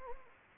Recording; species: mosquito wingbeat signal from an infrared sensor; Anopheles arabiensis